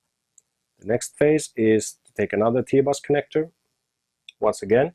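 A plastic T-bus connector is lined up with an I/O module slot on a DIN rail and pressed down, and it seats with a single sharp snap at 0.4 s. After that, someone talks, and another short click is heard near 4.3 s.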